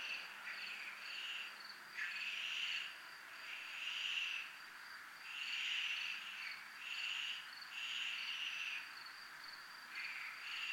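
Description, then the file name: Crickets sing a continuous high trill, with repeated surges of louder raspy chorus every second or two. Crickets recorded in a military zone. "zona militar crickets"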